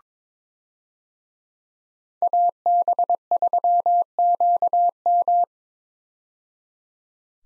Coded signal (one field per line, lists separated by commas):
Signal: Morse code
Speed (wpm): 22 wpm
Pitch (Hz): 700 Hz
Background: none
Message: AB3QM